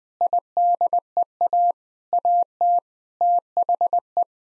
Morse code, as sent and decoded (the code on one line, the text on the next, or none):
.. -.. . .- / .- - / - .... .
IDEA AT THE